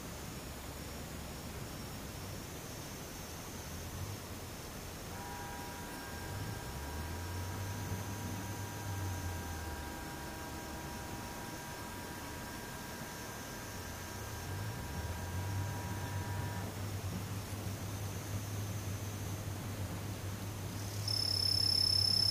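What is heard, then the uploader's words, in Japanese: Daytime insects drone in a thin, steady high buzz while low vehicle rumbles pass twice, a steady mid tone hums midway, and a louder chirr joins at the end. ムシ昼。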